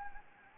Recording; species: mosquito wingbeat signal from an infrared sensor; Anopheles gambiae